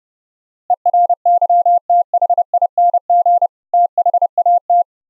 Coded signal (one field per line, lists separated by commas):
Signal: Morse code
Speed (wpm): 30 wpm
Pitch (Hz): 700 Hz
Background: none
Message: ERYTHING THAT